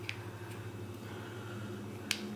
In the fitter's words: it fits like so it actually kind of just like clicks right into place and